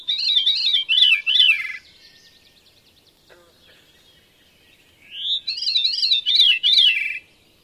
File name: VEERY